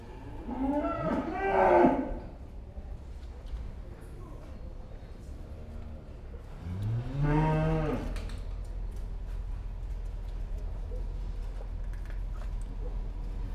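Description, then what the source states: Cow mooing twice, a long harmonic low call near the start and another around seven seconds, with steady low background rumble between. Cows in a pen.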